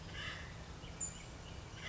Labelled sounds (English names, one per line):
Acorn Woodpecker